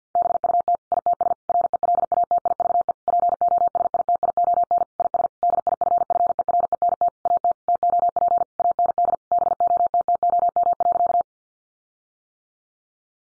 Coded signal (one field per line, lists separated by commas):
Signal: Morse code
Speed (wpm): 50 wpm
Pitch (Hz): 700 Hz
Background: none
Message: BUT ITS RELATIVE POSITION IS DIFFERENT AT TOP AND BOTTOM.